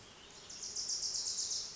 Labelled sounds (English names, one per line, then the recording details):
Wilson's Warbler
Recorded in Sonoma County, California